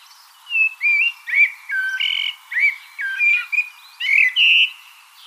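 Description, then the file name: Common blackbird with a steady run of rich, rounded whistled notes, some sliding down, others wavering, closely spaced throughout. "Turdus merula"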